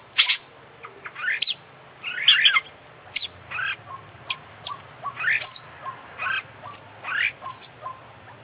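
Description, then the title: Oriental magpie-robin singing a busy run of varied chirps, trills and whistled phrases, delivered in quick bursts with brief pauses between them. International champion kacer from Indonesian songbird contests, singing vigorously (gacor) with its full isian repertoire, used for training other birds. "Kicau Mania - Full Isian Juara Internasional Burung KACER Gacor"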